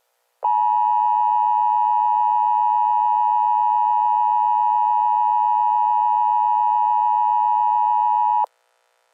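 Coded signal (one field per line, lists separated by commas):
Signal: Emergency Alert System (SAME) tones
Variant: 853 and 960 Hz attention tone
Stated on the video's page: Simulated fictional EAS scenario, not a real alert.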